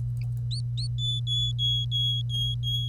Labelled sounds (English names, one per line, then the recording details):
Domestic Canary song
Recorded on 25 April 2018 at 06:10
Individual llb3